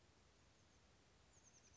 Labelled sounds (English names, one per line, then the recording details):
Oak Titmouse
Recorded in Sonoma County, California